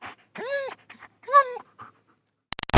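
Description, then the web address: German Shepherd dog whining twice in arched tones, separated by soft breathy puffs, ending with a sudden loud burst of noise. Whining and barking. "Big Room Sound Dog German Shepherd"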